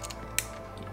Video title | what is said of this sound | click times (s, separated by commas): Zhiyun Weebill Lab TINY Gimbal & How to Balance with A7iii | hear that it locked into place | 0.4 s